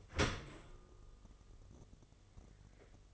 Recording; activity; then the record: daily activity, microphone in the room; open dishwasher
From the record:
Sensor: 4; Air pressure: 1015.8 hPa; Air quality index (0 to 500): 112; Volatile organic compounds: 2 ppm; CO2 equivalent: 1257 ppm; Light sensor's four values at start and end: 8/18/7/7 and 8/19/7/7